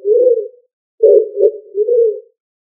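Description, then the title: Pigeon cooing: a soft, low coo, a short pause, then three more coos run together. "Familia ColumbidaePomba"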